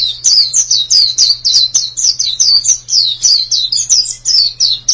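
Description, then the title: High, twittering white-eye song of quick descending whistles tumbling one after another in a steady chatter, with a low background hum. "Kicauan Burung Pleci Durasi Panjang"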